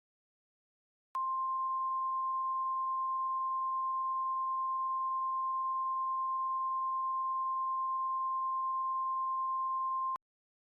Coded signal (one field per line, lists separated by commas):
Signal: Emergency Alert System (SAME) tones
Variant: 1050 Hz attention tone